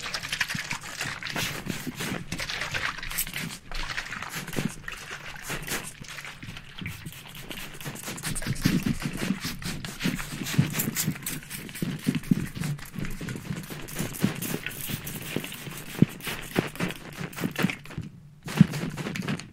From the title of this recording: Ultra Fast RAW Barbershop SPRAY Bottle Sounds